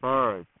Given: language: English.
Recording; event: throat vibration sensor signal played as sound; speech